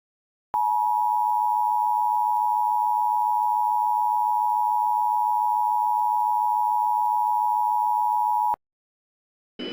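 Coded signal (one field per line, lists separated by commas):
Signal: Emergency Alert System (SAME) tones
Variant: 853 and 960 Hz attention tone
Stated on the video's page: Valid EAS tones in a fictional EAS scenario; the alert is simulated.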